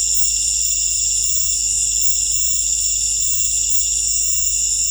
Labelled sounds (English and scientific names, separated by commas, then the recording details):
none
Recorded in secondary vegetation near Puerto Asís, Putumayo, Colombia, on 20 December 2024 at 18:30
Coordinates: 0.499, -76.323
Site G010